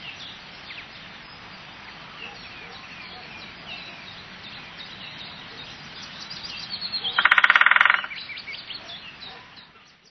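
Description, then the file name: Woodpecker call arrives late as one brief, harsh machine-gun rattle of pulses, after several seconds of soft birdsong. "spechtgb"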